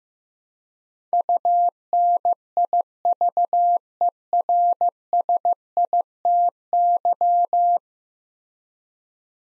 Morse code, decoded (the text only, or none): UNIVERSITY